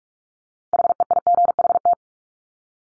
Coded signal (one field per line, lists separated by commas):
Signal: Morse code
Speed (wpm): 44 wpm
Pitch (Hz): 700 Hz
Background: none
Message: HEIGHT